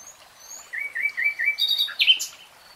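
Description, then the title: Nightingale song: a few faint high whistles, then a run of short clear notes, ending in a brief buzzy, scratchy flourish. From a 3-hour real-time recording. "[Tiếng chim hót] Nightingale Singing"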